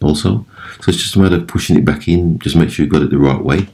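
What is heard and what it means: Someone talks while handling the cleaned soap dispenser assembly of a broken Samsung dishwasher, a plastic part with a rubber seal that is about to be pushed back into the stainless steel door panel, where clips snap it into place; the rusty stainless side was cleaned to help the seal sit in easier. Nothing has seated or clicked yet in this clip.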